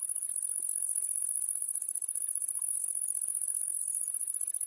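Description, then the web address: Great green bush-cricket singing a continuous, very high, shrill buzzing stridulation, steady and unbroken throughout. Recorded at Sissonne, France, in a wetland area. "Sissonne. Grande-sauterelle-verte Tettigonia-viridissima"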